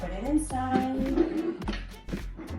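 A plastic assembly part of a Hurom H400 slow juicer is handled and put inside the juicing chamber while someone talks over music. The part has not yet been pressed home, and nothing has seated or clicked yet.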